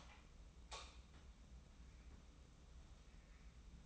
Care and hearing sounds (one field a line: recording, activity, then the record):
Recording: daily activity, microphone in the room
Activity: light on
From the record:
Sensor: 1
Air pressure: 994.5 hPa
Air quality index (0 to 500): 223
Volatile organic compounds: 1000 ppm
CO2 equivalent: 8035 ppm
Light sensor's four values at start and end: 127/291/130/142 and 133/308/136/149